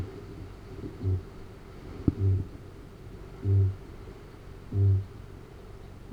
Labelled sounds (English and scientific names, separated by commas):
Kākāpō (Strigops habroptilus) boom